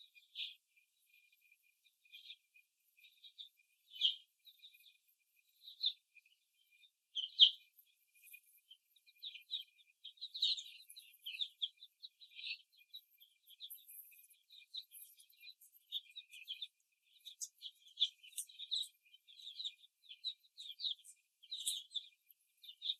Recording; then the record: young laying hens in a cage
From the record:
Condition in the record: before the stressor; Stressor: simulated dog barking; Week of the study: 1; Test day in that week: 2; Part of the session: 1